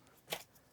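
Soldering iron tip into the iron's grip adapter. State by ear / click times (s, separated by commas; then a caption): seated / 0.3 s. A soldering tip is inserted again into the grip adapter of a TS100 soldering iron. Against a quiet background, a single short, bright snap sounds at 0.3 s. The tip seats firmly with a beautiful, satisfying snap.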